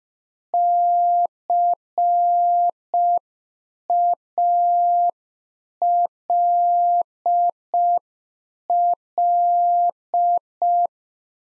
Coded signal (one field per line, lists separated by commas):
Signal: Morse code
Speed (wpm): 5 wpm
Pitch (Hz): 700 Hz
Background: none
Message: CALL